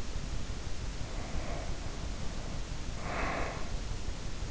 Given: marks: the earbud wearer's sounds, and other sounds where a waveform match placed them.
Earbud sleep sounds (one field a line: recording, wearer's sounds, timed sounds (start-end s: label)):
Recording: sounds in sleep by an in-ear microphone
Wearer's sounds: breath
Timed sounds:
0.71-4.13 s: breath